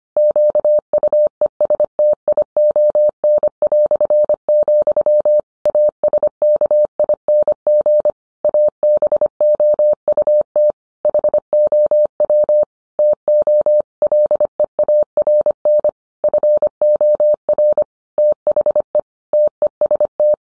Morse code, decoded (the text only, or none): QUESTION", ASKING ABOUT HOW TO LEARN FOR THE TEST